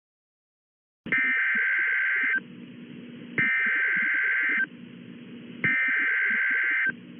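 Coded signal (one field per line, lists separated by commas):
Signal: Emergency Alert System (SAME) tones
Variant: header bursts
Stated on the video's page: EAS alert interrupting a Disney Junior programme, recorded in the UK.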